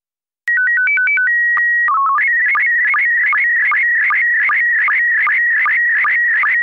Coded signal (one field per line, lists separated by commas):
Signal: SSTV (slow-scan television)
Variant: PD 50